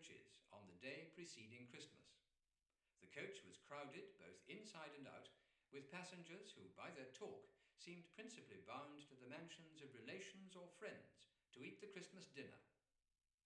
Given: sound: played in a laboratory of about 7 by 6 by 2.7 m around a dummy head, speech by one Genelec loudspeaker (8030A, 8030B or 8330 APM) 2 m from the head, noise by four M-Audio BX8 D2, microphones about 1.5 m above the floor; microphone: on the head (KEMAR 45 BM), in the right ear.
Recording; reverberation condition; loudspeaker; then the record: male speech in English; medium; 60 degrees to the right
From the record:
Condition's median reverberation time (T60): about 510 ms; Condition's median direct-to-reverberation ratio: about -0.5 dB